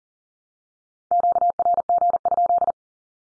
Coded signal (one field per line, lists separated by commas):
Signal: Morse code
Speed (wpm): 40 wpm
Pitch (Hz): 700 Hz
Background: none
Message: QRG?